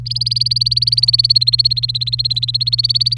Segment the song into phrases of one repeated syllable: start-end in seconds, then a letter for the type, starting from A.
0.06-3.17 A